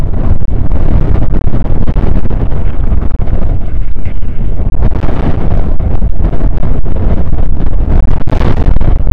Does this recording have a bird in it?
no